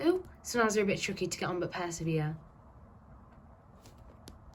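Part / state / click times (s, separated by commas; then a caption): plastic safety eye washer onto the eye shank of a crocheted toy / seated / 4.3 s. A plastic washer backing is pushed and twisted by thumbs onto the shank of a plastic safety eye through the crocheted fabric of a toy. Someone talks for the first 2.3 seconds, then after quiet handling it clicks home at 4.3 s. The eye is seated and will not come off.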